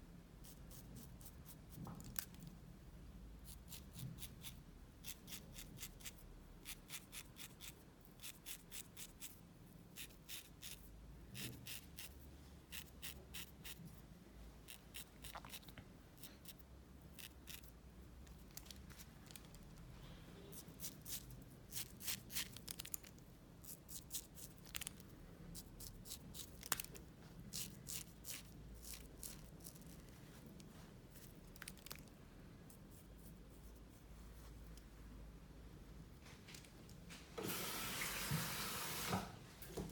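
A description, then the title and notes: A beard cut at a men's shave, with quick, crisp snips of scissors repeating in irregular bursts for nearly the whole clip over a low steady hum. Near the end a loud, hissing rush of water briefly takes over. Men's shave & Turkish massage. Beard cut, sheet washing and magic massage.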